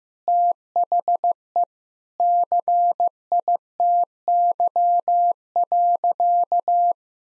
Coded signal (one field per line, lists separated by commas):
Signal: Morse code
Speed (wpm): 15 wpm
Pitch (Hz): 700 Hz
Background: none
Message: THE CITY.